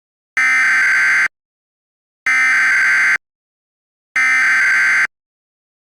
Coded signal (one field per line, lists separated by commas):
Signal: Emergency Alert System (SAME) tones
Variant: header bursts